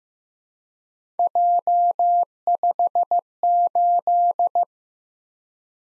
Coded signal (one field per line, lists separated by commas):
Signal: Morse code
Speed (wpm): 15 wpm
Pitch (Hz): 700 Hz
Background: none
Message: J58